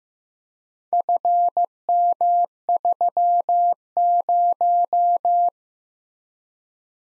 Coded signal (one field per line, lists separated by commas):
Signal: Morse code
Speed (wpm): 15 wpm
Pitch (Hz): 700 Hz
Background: none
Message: FM30